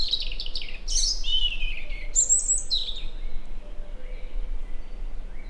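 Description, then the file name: European robin song: quick sequence of high descending whistles and liquid warbled notes with sharp upward sweeps, over a steady low hum. "Erithacus rubecula"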